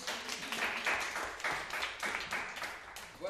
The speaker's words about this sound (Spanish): Tiempo. Aplauso